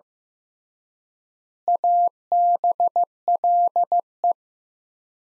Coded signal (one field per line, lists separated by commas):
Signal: Morse code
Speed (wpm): 15 wpm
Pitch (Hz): 700 Hz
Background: none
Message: ABLE